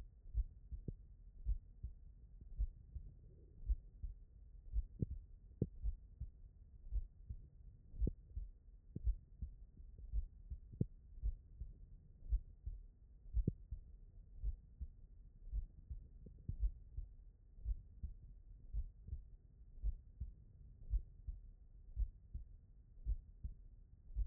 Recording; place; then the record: heart sounds by stethoscope; tricuspid valve (TV)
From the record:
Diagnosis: non-HFrEF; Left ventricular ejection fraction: 75%